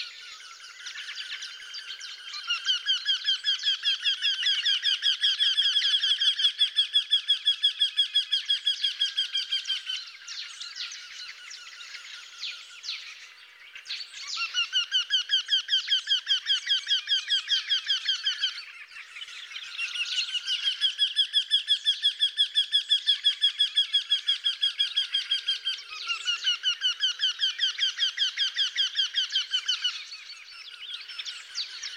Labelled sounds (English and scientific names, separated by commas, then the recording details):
Eurasian Wryneck (Jynx torquilla) song
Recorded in the wild
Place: Oberrotweil am Kaiserstuhl, Baden-Württemberg, DE
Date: 1996-04-21
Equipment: Dat-Recorder Casio DA 7, Telinga DAT, Telinga-Parabolspiegel
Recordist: Schwarz, Dieter